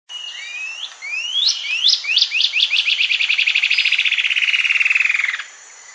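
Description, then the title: Cinereous antshrike giving a call series: a few separate upslurred whistles that speed up into a fast, steady rattle, which slides downward in pitch before ending abruptly. Subspecies glaucus. "LuckyPassaro Completos2Sama. Cinereous Antshrike (Thamnomanes caesius glaucus)"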